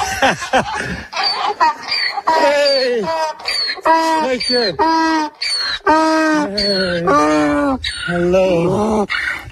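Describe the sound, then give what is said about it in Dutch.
A donkey standing in a meadow with a small windmill in the background brays loudly in a long run of harsh, wheezing hee-haw cycles, its pitch rising and falling in repeated strained bursts for several seconds. “Hij is wel heel blij om hem te zien, hè, die ezel.”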